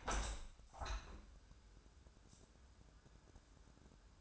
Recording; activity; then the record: daily activity, microphone in the room; open window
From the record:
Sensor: 2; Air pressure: 1000.3 hPa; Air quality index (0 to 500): 162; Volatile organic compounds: 3 ppm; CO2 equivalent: 1343 ppm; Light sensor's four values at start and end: 11/30/11/13 and 11/31/12/14